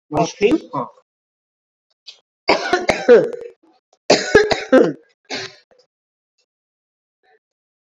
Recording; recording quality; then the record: heavy voluntary cough; excellent, no background noise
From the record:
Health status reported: COVID-19 positive, mild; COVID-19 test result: positive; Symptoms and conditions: none ticked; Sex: female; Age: 52 years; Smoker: not ticked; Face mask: not worn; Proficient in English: yes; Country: India